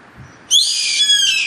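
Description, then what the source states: Bird with a loud, grating hiss-like screech that starts abruptly and holds steady to the end. Recorded in Brazil.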